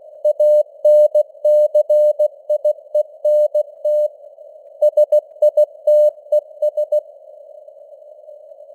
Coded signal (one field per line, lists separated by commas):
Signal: Morse code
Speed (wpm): 16 wpm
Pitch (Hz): 600 Hz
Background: none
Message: ANCIENT SITES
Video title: Morse Code News | 2025-12-13 | 16wpm